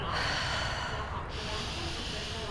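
A deep, drawn-out breath into the belly, a loud airy rush of air that holds steady for a couple of seconds with a slight shift midway, with no talking over it.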